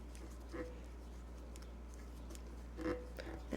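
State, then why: Not seated. A small machine screw is turned into a part on the metal casting of a vintage Davis Vertical Feed sewing machine, producing faint scraping and ticking turning noises over a low steady hum. The screw will not thread in and feels cross-threaded, so it is backed out, and nothing has seated or clicked yet.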